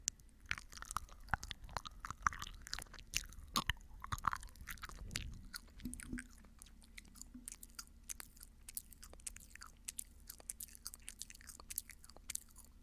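Wet mouth sounds and gum chewing, with quick clicks and smacks scattered unevenly across the clip, busiest in the first six seconds. Around five seconds a low, soft thump sounds, then a faint steady low hum continues underneath as the clicks thin out.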